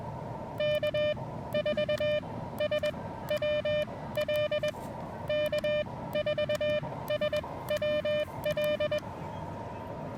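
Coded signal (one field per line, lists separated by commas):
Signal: Morse code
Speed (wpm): 21 wpm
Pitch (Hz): 2400 Hz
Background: none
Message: K4SWL K4SWL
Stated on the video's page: POTA park activation with challenging propagation, Elecraft KX2 keyed with KXPD2 paddles, homebrew end-fed random wire antenna.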